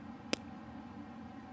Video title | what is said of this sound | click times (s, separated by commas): Albert Wesker (Midnight) Part 2/2 - Resident Evil - Hot Toys - Uploaded: 12/27/09 | and then close the shut you can actually hear it pop shut too let's see if I can get the sound enter all right | 0.3 s